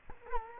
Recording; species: mosquito wingbeat signal from an infrared sensor; Culex quinquefasciatus